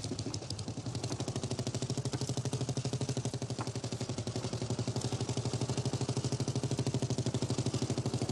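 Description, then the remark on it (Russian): A motorcycle pulls up to a large wooden barn, its engine idling steadily with a rapid, rhythmic low chugging and a rattly mechanical edge, holding an even, fairly loud level throughout with no voices. “Мотоцикл подъезжает к большому деревянному амбару.”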